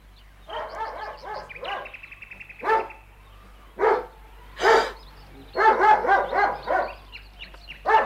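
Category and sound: animal, dog barking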